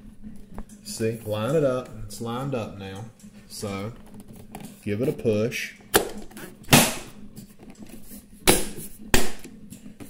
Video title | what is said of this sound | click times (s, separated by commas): Samsung refrigerator RF268abrs display panel replacement and Samsung rant. | hear it click into place that's | 9.1 s